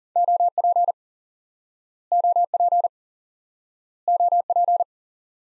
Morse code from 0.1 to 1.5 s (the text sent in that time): OP